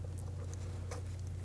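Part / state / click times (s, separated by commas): ignition coil harness connector locking tab / not seated / none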